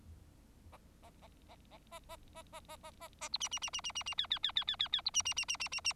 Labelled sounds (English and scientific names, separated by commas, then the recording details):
Bengalese Finch (Lonchura striata domestica) song
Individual Bird4